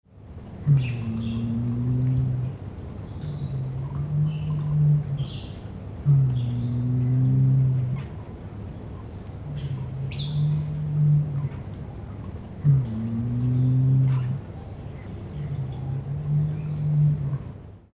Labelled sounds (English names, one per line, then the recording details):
Victoria Crowned Pigeon
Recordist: Tembrock, Günter
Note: Zwei Tiere mit "dunklen" Lauten (und Kopfbeugen)